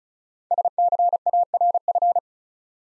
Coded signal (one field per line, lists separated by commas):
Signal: Morse code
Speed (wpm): 36 wpm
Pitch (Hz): 700 Hz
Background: none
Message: SCARF